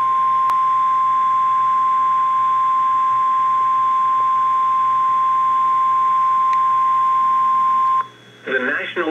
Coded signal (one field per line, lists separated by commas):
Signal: Emergency Alert System (SAME) tones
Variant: 1050 Hz attention tone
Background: speech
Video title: Severe Thunderstorm Warning (EAS #1,830) - 8/9/18